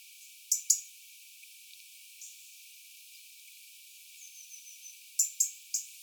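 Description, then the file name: European robin: a double tick, a long quiet stretch with a thin high trill, then a triple tick at the end. "Erithacus rubecula"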